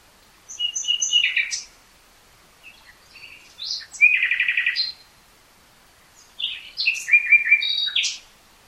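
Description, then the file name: Common nightingale song: three varied phrases of whistles, chirps and a rapid rattled series, with quiet gaps between phrases. "Luscinia megarhynchos"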